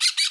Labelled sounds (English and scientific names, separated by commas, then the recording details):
Brown-throated Parakeet (Eupsittula pertinax) contact call
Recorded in Bonaire
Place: 1 km E of roosting area just N of Seru Largu
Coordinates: 12.199, -68.268